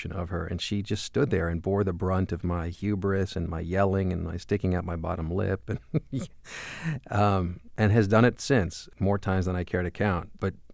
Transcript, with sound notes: And she just stood there and bore the brunt of my hubris and my yelling and my sticking out my bottom lip...
(LAUGHTER)
...and has done it since - more times than I care to count.